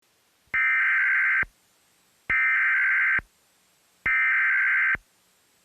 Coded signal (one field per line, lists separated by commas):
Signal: Emergency Alert System (SAME) tones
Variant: header bursts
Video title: EAS Mock #5: EAS Recreation: Severe Thunderstorm Warning for Allegheny County